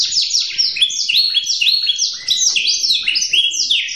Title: LANGSUNG NYAUT GACOR DOR Kenari Manasaja, Dengan Kicau Kenari GACOR NGOTOT ROLL PANJANG